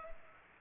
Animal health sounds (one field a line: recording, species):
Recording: mosquito wingbeat signal from an infrared sensor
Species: Culex pipiens